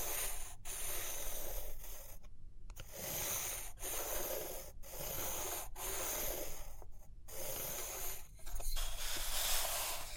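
Pencil or pen strokes scratch steadily across paper in a dense, hissy rub, broken by brief gaps roughly every second as the hand lifts. A longer pause comes near 2.5 seconds, and the scratching grows brighter and louder toward the end.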